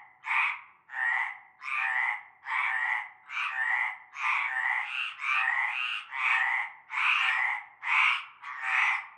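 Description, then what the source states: Chorus of frogs giving harsh, buzzing croaks in a steady throbbing rhythm, several callers overlapping. Frog chorus starting at nightfall in a large concrete basin with stagnant greenish water, Avenue Cante Coucou, Groupède, La Ciotat, Bouches-du-Rhône, France.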